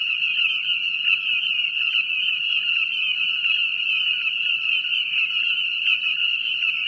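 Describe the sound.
Frog calling, a constant shrill buzz overlaid by quick lower clicks, unbroken from start to finish.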